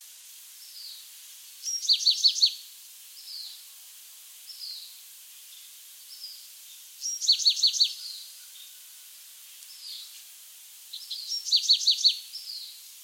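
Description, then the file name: Bewick's wren song, three quick bursts of bright, buzzy trilled notes spaced roughly five seconds apart, separated by faint high chips and light background hiss. "Thryomanes bewickii - Bewick's Wren"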